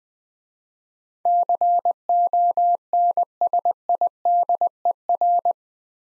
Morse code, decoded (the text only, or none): CONSIDER